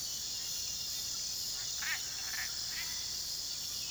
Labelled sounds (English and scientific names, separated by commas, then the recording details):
none
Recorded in pastures near Puerto Asís, Putumayo, Colombia, on 19 February 2024 at 05:00
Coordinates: 0.466, -76.323
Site G6384